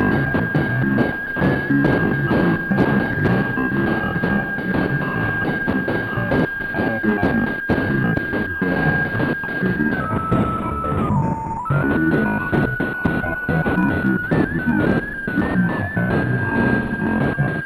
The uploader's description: shortwave composition recorded live from a 1950's analog radio